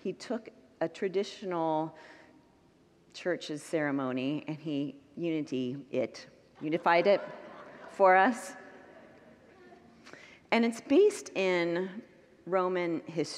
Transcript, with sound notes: He took a traditional church’s ceremony and he Unity-ied it – [congregants laugh] unified it – for us. And it’s based in Roman history.